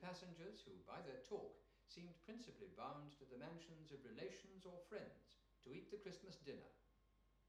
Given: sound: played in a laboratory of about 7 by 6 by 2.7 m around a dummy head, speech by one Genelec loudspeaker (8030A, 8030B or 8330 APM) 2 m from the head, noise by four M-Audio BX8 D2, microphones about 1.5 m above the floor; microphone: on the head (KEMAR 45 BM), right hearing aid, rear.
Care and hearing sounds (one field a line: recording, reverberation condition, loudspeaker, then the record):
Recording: male speech in English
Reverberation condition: medium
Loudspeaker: 120 degrees to the right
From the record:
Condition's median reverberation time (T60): about 510 ms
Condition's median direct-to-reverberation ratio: about -0.5 dB